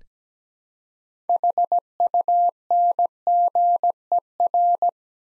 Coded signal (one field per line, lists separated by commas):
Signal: Morse code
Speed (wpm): 17 wpm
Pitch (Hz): 700 Hz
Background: none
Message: HUNGER